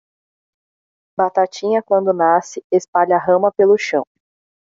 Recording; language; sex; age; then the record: short text; Brazilian Portuguese; female; 20 to 29 years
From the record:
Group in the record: control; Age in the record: 28 years